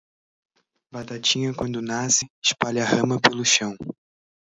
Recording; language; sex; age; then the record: short text; Brazilian Portuguese; male; 18 to 19 years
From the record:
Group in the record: control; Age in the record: 19 years